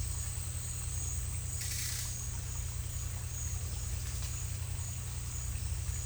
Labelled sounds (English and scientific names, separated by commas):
none